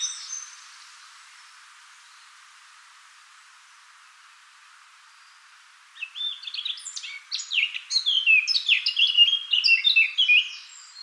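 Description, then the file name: Eurasian blackcap song: after six seconds of near silence, a rapid jumbled warble of high twittering and chattering notes builds up and runs to the end. "Sylvia atricapilla"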